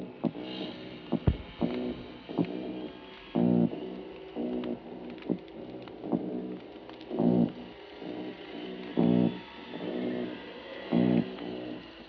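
Mulloway calls: deep, buzzy drumming grunts repeated at short intervals, with occasional clicks between.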